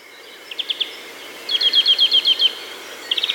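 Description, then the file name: European greenfinch uttering rapid ticking trills: a brief burst of four notes, then a longer rolling run of about ten notes, then another short quick trill at the end. "Chloris chloris"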